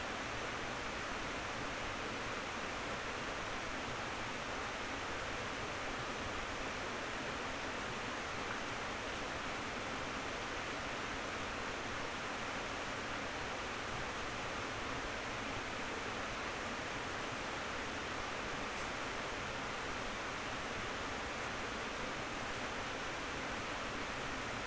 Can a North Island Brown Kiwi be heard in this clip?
no